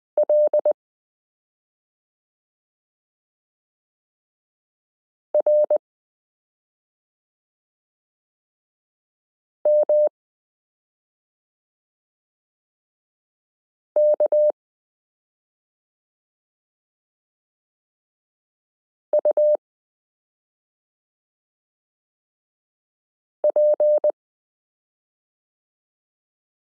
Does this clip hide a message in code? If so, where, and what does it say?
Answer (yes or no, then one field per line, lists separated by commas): yes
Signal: Morse code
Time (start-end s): 0.2-24.1 s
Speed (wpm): 20 wpm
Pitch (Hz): 600 Hz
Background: none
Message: L R M K U P